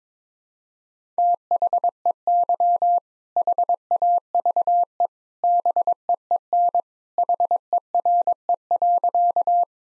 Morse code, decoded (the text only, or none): THEY HAVE BEEN HERE.